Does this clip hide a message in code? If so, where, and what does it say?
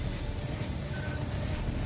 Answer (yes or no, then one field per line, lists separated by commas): no